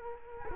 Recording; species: mosquito wingbeat signal from an infrared sensor; Culex quinquefasciatus